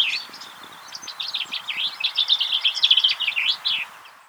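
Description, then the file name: Common chaffinch singing one long phrase of quick, rattling notes that grows louder and ends with a brief downward flourish. "Fringilla coelebs"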